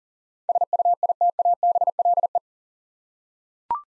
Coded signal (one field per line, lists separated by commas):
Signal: Morse code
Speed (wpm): 37 wpm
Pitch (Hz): 700 Hz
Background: none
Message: SUITABLE